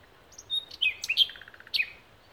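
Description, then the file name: Common nightingale song: a thin whistle, then sharp descending slurred notes and a brief run of quick repeated chucks, ending with another downward slur. "Luscinia megarhynchos"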